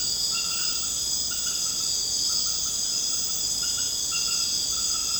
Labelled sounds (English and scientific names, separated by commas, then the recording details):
none
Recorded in secondary vegetation near Puerto Asís, Putumayo, Colombia, on 21 March 2025 at 23:00
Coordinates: 0.485, -76.322
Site G040